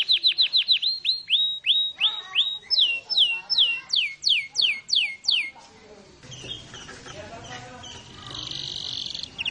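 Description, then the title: Canary song of clear descending whistled notes repeated in series, then quieter buzzy trills after a pause. Canary singing a long roll (ngerol panjang); a master recording used for training birds. "Master Burung Jos. Kenari ngerol panjang 1"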